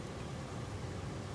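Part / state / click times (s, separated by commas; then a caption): wiring harness connector onto middle ignition coil / not seated / none. The wiring harness connector is being handled onto the middle ignition coil of a 2010-2013 Acura ZDX during spark plug and ignition coil replacement, before being pushed on until its plastic clip latches. Only a steady broadband hiss with low rumble is heard, with no distinct transients. Nothing has seated or clicked yet.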